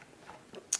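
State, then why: Seated. A capture card is pushed into a PCIe slot on a motherboard until the plastic retention latch at the end of the slot clicks shut. After a couple of faint ticks, a sharp, bright click sounds at 0.7 s as the card seats in place.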